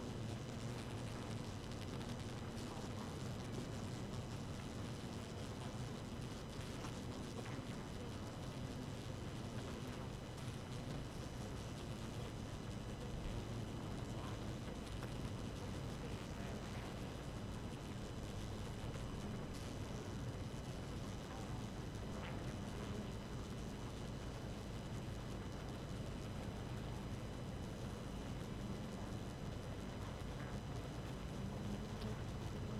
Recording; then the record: honeybee colony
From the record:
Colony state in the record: active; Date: 12 June 2018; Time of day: 4:12